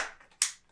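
A magazine is pushed into the stock of a Novritsch SSG-10 airsoft rifle, where the release system sits. A fading scrape opens the clip, then a sharp, bright click at 0.4 s rings out briefly. The magazine clicks and seats in place.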